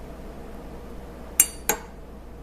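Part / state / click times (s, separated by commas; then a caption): firing pin stop and firing pin spring coming out of a pistol slide / released / 1.4 s. During a field strip of a Citadel 1911 full-size pistol, the metal firing pin stop is slid out of the slide until the spring-loaded firing pin and its spring pop free under pressure. Against a low, quiet background, a sharp metallic pop sounds at 1.4 s, followed by a second, slightly softer metallic click at 1.7 s. The firing pin stop, firing pin and spring are released from the slide.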